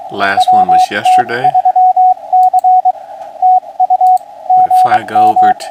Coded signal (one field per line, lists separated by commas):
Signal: Morse code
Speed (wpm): 23 wpm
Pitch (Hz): 740 Hz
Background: speech, radio noise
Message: WT3C TU GM